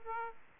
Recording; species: mosquito wingbeat signal from an infrared sensor; Aedes aegypti